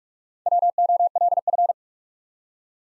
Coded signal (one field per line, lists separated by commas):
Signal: Morse code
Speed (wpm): 47 wpm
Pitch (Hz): 700 Hz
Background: none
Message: WOLF